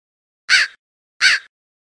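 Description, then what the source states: Crow giving two harsh, raspy caws with silence around them. At night.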